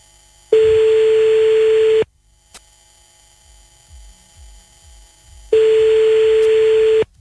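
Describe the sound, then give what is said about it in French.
Two long, steady ringback tones at a medium pitch, each lasting about a second and a half and separated by several seconds of quiet line hiss, as a phone rings on the other end. “On met une sonnerie, puis tu dis il y a enfin quelque chose à écouter le soir.”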